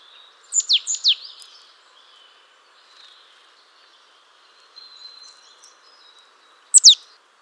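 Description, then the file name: Marsh Tit call: a quick burst of three or four sharp, high, downslurred notes, then after a pause a final clipped double note. "Poecile palustris"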